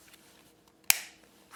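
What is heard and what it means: A plastic panel is lined up and pressed into an Xbox Series X controller shell while changing the bumpers. One sharp, bright snap at 0.9 s rings out briefly over quiet background, and the panel pops firmly into place.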